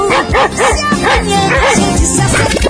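A dog barks and yips over and over in a quick, steady rhythm, each call rising and falling in pitch, loud against a busy background.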